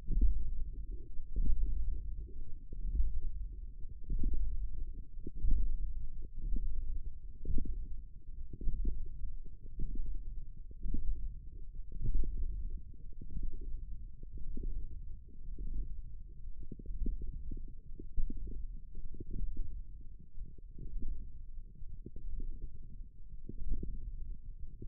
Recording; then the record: forearm muscle sounds (acoustic myography)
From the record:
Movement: index flexion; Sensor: system 1, eight BSWA MPA416 microphones around the upper forearm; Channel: 5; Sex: female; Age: 20 years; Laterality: right